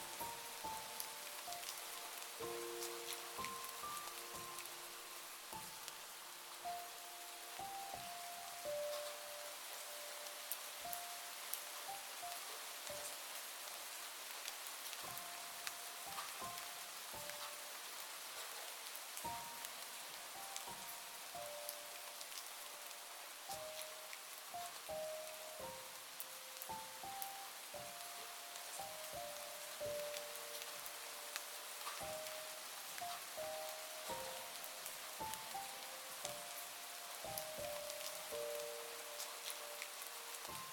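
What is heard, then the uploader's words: Light rain patters steadily throughout, with a soft, bright hiss and frequent drops, while a gentle melody of high tones plays over it. SLEEP with MUSIC and Light RAIN. Listen to the sound of light rain with music.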